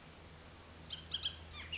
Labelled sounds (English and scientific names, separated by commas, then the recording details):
Bullock's Oriole (Icterus bullockii)
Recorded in Sonoma County, California